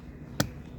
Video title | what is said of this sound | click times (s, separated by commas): How to replace front door speaker in Kia Sportage | Reinstall the Phillips screw in the armrest, and snap the cover back into place. | 0.4 s